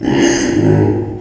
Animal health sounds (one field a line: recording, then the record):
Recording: squeal of a Yucatan mini pig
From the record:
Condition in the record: before surgery on the right vocal fold (resection and tissue-engineered implant)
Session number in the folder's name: 2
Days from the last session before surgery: -15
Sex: female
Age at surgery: 19 weeks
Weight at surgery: 25 kg